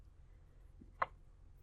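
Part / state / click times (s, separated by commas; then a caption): plastic air filter housing onto a lawn mower engine carburetor / not seated / none. A plastic air filter housing is handled as it is slid under its retaining tabs onto the carburetor of a Troy Bilt TB110 lawn mower engine. Against a low background hum there is one short, sharp tick at about 1.0 s. The housing has not seated or clicked into place yet.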